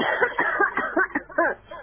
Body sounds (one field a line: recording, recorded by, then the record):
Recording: voluntary cough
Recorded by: telephone call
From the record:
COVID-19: positive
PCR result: checked with the laboratory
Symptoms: no